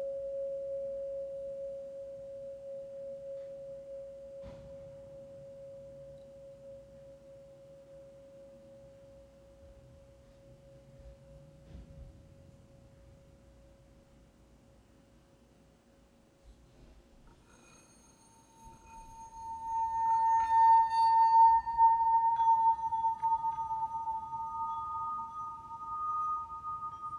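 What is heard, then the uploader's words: Healing bowls ring with a pure, steady mid tone that hangs unchanged for about seventeen seconds, with a soft low rumble underneath and a faint tap near five seconds. Then a higher, brighter bowl is struck and swells louder, its tone holding with faint overtones until the end. HEALING BOWLS FOR LAKE COUNTY.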